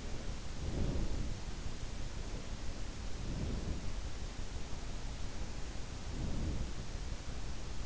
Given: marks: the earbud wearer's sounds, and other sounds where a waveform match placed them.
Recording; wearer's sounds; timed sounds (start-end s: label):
sounds in sleep by an in-ear microphone; breath
0.63-1.21 s: breath
3.20-3.93 s: breath
6.06-6.71 s: breath